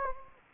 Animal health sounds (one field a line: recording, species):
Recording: mosquito wingbeat signal from an infrared sensor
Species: Anopheles gambiae